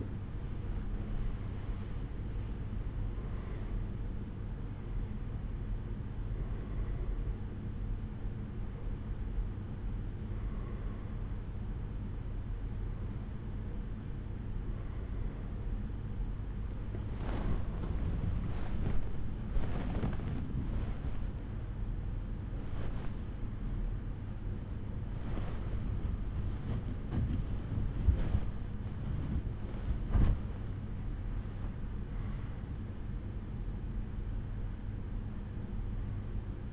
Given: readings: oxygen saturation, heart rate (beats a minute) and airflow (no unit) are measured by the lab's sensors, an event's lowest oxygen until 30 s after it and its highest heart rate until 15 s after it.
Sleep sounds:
a person awake in a sleep study, by a smartphone at the bedside; none
8.00-36.72 s: new sleep stage, awake
14.00-36.72 s: awake
From the record:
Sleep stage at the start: N2 (light sleep); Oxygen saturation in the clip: 91 to 96%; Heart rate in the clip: 75 to 79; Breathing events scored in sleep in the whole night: 187 in 7.2 hours asleep

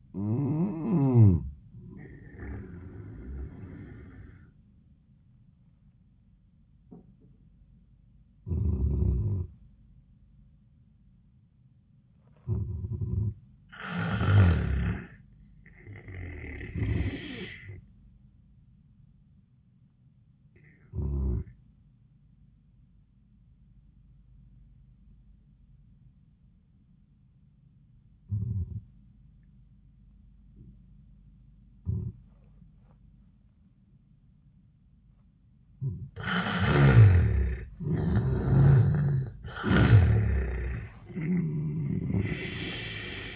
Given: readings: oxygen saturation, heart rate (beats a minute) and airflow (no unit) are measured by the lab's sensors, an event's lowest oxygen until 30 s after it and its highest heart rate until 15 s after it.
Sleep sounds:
breathing in sleep by a smartphone at the bedside; 1
4.00-43.35 s: new sleep stage, N1 (lightest sleep)
12.00-37.00 s: hypopnea (N1, oxygen 97% highest, then 83% lowest, heart rate 83 at the start, 92 highest)
From the record:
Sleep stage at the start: N2 (light sleep); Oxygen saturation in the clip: 76 to 97%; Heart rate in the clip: 72 to 92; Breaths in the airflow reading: 7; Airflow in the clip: -14.7 to 12.8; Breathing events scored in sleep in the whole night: 400 in 8.7 hours asleep

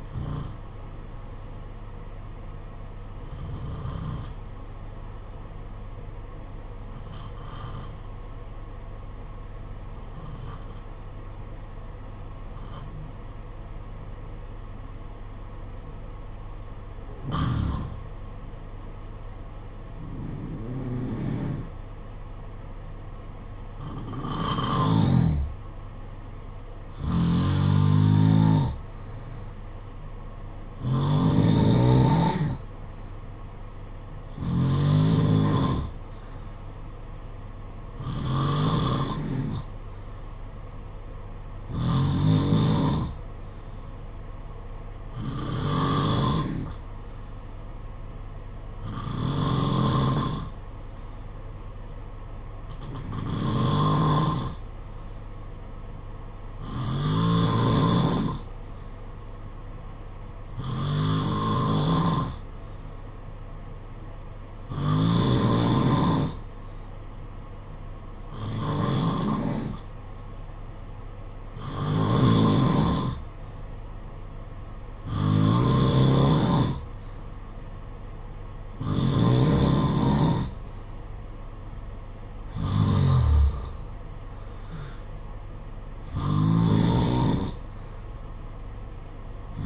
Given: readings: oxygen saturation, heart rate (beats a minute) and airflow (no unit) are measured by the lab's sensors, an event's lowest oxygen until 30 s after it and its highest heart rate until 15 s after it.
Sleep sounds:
breathing in sleep by a smartphone at the bedside; 2
3.00-24.60 s: hypopnea (N2, oxygen 95% highest, then 88% lowest, heart rate 51 at the start, 59 highest)
18.00-48.00 s: new sleep stage, N1 (lightest sleep)
40.00-75.90 s: hypopnea (N1, oxygen 93% highest, then 89% lowest, heart rate 56 at the start, 63 highest)
48.00-78.00 s: new sleep stage, N2 (light sleep)
78.00-89.66 s: new sleep stage, N1 (lightest sleep)
From the record:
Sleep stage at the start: N2 (light sleep); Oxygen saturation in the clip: 88 to 95%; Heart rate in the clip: 51 to 63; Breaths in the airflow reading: 25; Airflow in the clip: -7.0 to 6.2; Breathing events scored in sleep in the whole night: 476 in 9.7 hours asleep

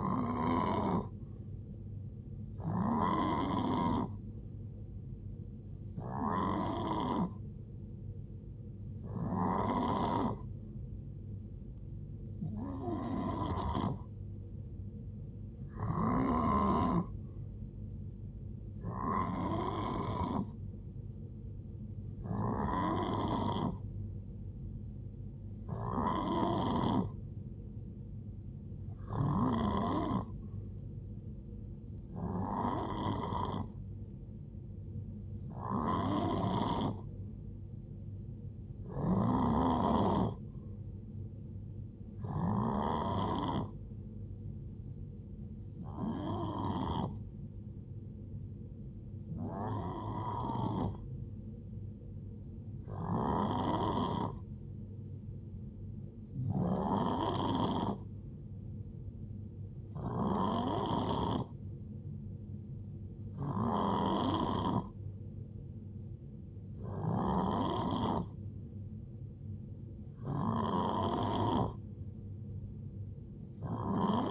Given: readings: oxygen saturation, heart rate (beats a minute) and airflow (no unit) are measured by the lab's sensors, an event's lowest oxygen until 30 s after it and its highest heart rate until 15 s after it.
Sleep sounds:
breathing in sleep by a smartphone at the bedside; none
none scored
From the record:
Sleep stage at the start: N3 (deep sleep); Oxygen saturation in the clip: 89 to 92%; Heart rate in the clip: 56 to 75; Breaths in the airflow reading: 22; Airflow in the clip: -8.3 to 6.3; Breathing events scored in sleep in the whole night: 389 in 6.3 hours asleep

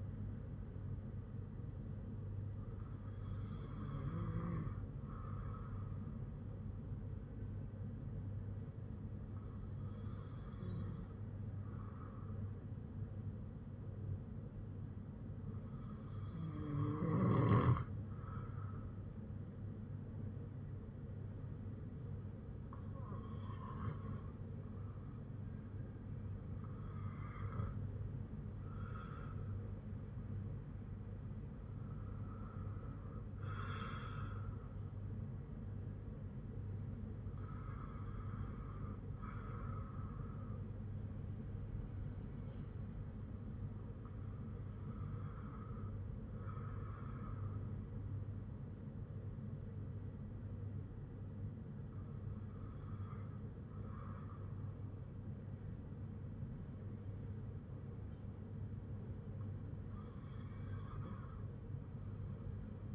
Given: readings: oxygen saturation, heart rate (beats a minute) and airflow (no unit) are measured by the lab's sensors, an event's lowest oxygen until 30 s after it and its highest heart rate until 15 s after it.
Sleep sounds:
breathing in sleep by a smartphone at the bedside; none
25.00-62.95 s: new sleep stage, N2 (light sleep)
From the record:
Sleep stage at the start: N1 (lightest sleep); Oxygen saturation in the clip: 94 to 97%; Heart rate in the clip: 50 to 59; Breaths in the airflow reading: 10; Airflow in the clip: -5.8 to 5.7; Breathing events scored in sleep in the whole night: 182 in 7.4 hours asleep

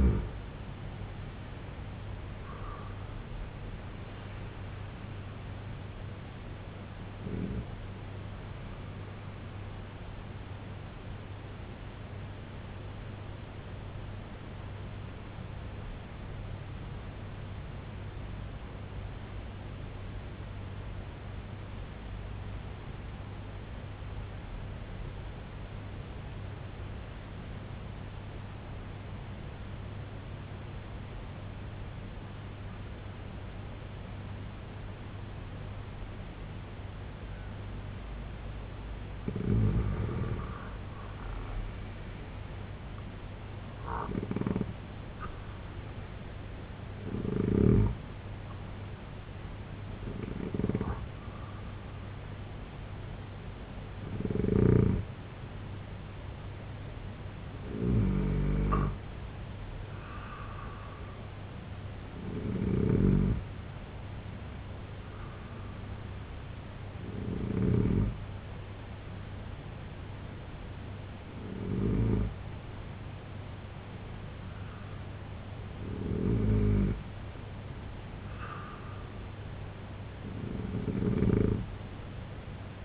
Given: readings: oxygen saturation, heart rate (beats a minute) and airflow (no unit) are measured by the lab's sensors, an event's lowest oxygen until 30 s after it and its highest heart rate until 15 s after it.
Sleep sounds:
breathing in sleep by a voice recorder at the bedside; 1
10.00-39.70 s: hypopnea (N2, oxygen 95% highest, then 85% lowest, heart rate 71 at the start, 81 highest)
From the record:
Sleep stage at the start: N2 (light sleep); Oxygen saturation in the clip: 85 to 95%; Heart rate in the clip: 61 to 84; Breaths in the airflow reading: 13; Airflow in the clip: -6.4 to 8.4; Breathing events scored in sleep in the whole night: 258 in 7.4 hours asleep

